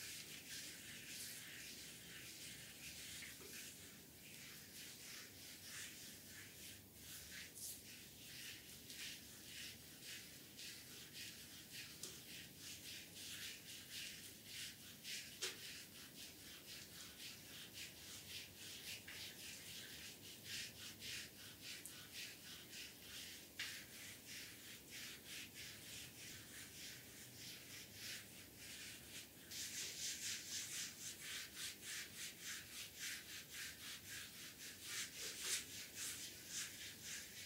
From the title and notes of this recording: ASMR back scrubbing Spa massage.